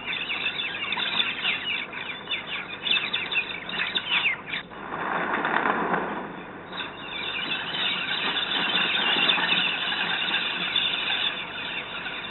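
Galah: harsh overlapping screeches from several birds, broken midway by a few seconds of broad rushing noise before the screeching resumes.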